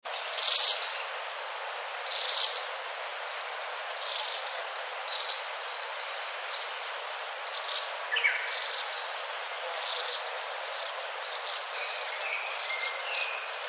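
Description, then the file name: Ashy minivet calls: high, tinkling trilled notes repeated every second or two over steady background hiss. "sansho"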